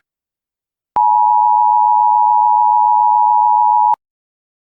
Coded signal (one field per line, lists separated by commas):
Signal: Emergency Alert System (SAME) tones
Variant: 853 and 960 Hz attention tone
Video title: EAS Scenario: Hallows Terror 2 [FULL VERSION] [ANALOG HORROR]